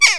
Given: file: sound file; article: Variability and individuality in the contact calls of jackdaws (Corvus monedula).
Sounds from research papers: jackdaw call; harmonic

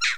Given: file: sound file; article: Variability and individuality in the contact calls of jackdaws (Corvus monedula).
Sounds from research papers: jackdaw call; noisy

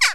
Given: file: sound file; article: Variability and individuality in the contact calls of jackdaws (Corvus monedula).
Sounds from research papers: jackdaw call; harmonic

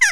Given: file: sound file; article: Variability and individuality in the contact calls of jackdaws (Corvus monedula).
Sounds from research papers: jackdaw call; harmonic

